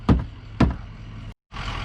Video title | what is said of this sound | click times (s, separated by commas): Renegade Euro Taillight Install On My 2019 Mustang GT With @FastLifeRuss | right now there you go you should hear a big click | 0.1 s, 0.6 s